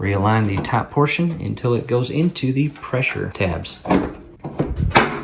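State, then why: Seated. Someone talks while the top of a Samsung dryer's sheet-metal front panel is realigned and pushed into the pressure tabs on the cabinet. A short, sharp snap at 5.0 s marks the panel seating into the tabs.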